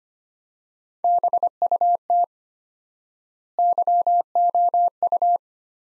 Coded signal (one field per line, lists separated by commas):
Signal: Morse code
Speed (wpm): 25 wpm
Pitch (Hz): 700 Hz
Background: none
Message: BUT YOU